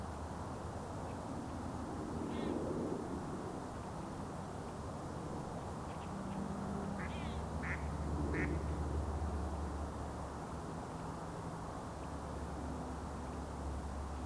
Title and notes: Montreal: Boisbriand (colvert). Colvert sur la rivière des Mille-îles à l'heure de pointe près de l'autoroute 15. Montreal Sound Map